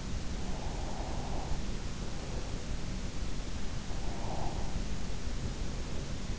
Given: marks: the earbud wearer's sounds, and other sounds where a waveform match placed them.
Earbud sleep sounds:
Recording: sounds in sleep by an in-ear microphone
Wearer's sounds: breath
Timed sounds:
0.00-2.91 s: breath
3.37-6.00 s: breath

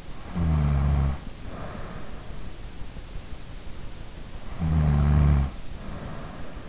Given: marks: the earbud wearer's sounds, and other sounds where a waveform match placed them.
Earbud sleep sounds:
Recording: sounds in sleep by an in-ear microphone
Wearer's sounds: snoring breath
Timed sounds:
0.13-2.21 s: snoring breath
4.47-6.69 s: snoring breath

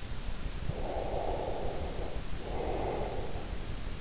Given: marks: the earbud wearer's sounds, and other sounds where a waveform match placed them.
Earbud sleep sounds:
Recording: sounds in sleep by an in-ear microphone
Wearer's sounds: breath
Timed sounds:
0.42-3.87 s: breath

